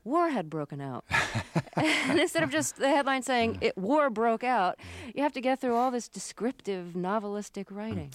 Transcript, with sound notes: War had broken out.
(LAUGHTER)
And instead of just the headline saying war broke out, you have to get through all this descriptive, novelistic writing.